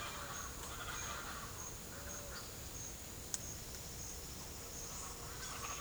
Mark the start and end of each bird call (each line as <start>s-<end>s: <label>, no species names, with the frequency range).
0.00s-2.24s: bird call (0.3-5.1 kHz)
4.97s-5.80s: bird call (0.4-5.0 kHz)